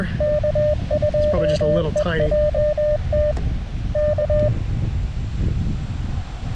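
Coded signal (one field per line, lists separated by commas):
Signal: Morse code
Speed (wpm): 21 wpm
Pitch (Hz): 600 Hz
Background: speech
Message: K2EJT K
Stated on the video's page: CW parks on the air activation on 20m with a KX2, first on an AX2 antenna with slow going, then on a different antenna.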